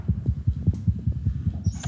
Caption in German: Die Herzgeräusche beim Nachwuchs. Modernste Technik im Nasenbärenstall. Victor hat ein digitales Stethoskop. Das kann man mit einem Smartphone verbinden. Sein Herz schlägt jetzt natürlich auch ziemlich schnell, weil er sehr aufgeregt gerade ist.